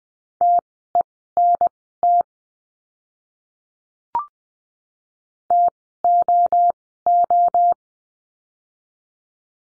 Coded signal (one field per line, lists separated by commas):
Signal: Morse code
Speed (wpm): 20 wpm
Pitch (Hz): 700 Hz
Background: none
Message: TENT TOO